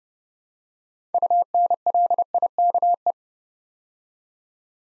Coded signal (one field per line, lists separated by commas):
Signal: Morse code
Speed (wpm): 30 wpm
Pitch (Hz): 700 Hz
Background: none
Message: UNLIKE